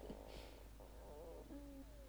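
Low, irregular gurgling rumble with squeaky gliding tones: ordinary stomach growling from digestion in an adult, loud enough to be heard nearby, after eating a lot of nuts that day.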